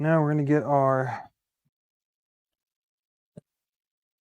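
Someone talks for about the first 1.3 seconds while handling a lead screw nut for its printed mount on the frame of a Prusa Mini clone 3D printer. After a quiet stretch, a single brief, faint tap sounds at about 3.4 seconds. The nut has not popped into place or seated yet.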